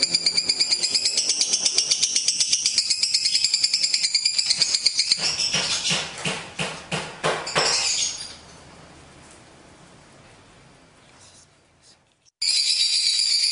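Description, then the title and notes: Lovebird rattling song, fast pulsed shrill notes for several seconds, then harsh rhythmic scraping strokes, fading to quiet before chatter resumes. Lovebird in extended ngekek song style, used as a bait song (kicau pancingan) to prompt other lovebirds to sing. "Master Kicau Lovebird ngekek, kicau pancingan"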